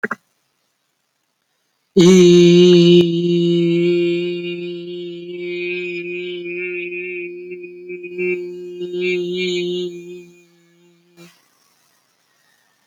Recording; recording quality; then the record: sustained vowel as in beet; excellent, no background noise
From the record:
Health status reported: respiratory illness, not identified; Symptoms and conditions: cold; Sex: male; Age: 18 years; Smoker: not ticked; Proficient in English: yes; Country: India